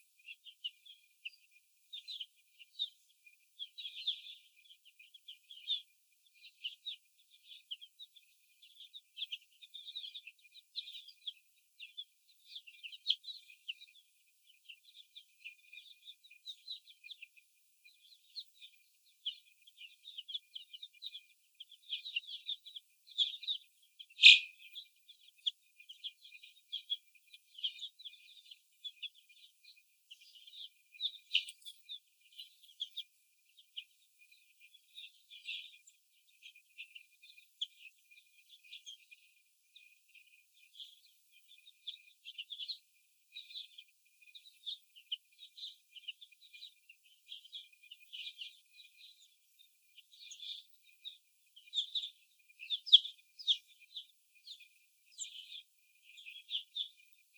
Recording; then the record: young laying hens in a cage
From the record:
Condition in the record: before the stressor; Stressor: sudden umbrella opening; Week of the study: 2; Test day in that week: 1